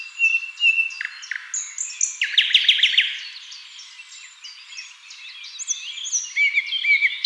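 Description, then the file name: Common nightingale song: whistles, then a loud buzzy rattling burst, followed by softer varied notes and a pair of slurred whistles. "Luscinia megarhynchos"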